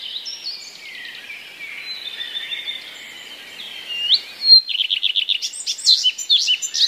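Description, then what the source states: Common redstart song with mimicry: a quieter run of twittering notes for about four seconds, then louder rapid trilled notes and varied high chirps. Song containing mimicry borrowed from other passerine birds.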